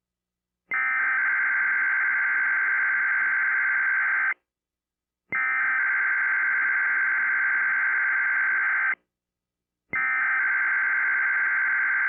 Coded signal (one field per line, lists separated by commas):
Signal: Emergency Alert System (SAME) tones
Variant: header bursts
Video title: E! - EAS VDS840 "Required Weekly Test" EARLY NWR ! ! ! (4 July 2001)